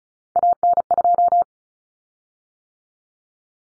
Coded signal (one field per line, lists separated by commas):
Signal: Morse code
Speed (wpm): 34 wpm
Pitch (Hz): 700 Hz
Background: none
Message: AN2